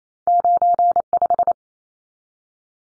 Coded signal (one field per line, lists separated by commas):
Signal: Morse code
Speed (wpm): 28 wpm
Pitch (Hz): 700 Hz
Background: none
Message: 95